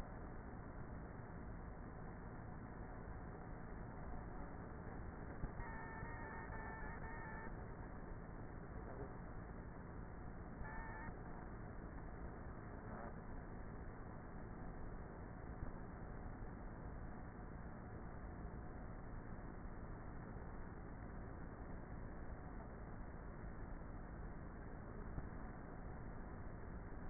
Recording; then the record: honeybee colony, microphone inside the hive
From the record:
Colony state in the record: queenless with a low population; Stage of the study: before two queens were removed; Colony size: about 30,000 bees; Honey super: no